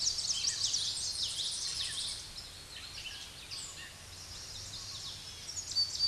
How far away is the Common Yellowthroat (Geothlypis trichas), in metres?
about 35 m